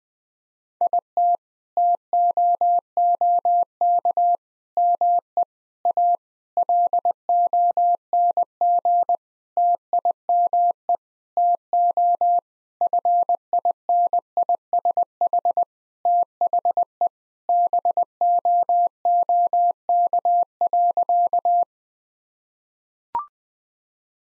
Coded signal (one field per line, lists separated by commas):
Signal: Morse code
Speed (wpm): 20 wpm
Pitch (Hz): 700 Hz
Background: none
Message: IT TOOK ME A LONG TIME TO FINISH THE BOOK.